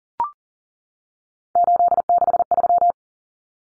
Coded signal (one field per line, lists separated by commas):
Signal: Morse code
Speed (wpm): 40 wpm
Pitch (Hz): 700 Hz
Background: none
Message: 863